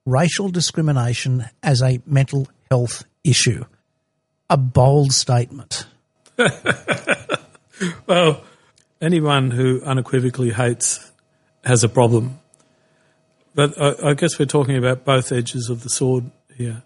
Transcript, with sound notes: racial discrimination as a mental health issue. A bold statement.
[Laughing] Well, anyone who unequivocally hates has a problem. But I guess we’re talking about both edges of the sword here.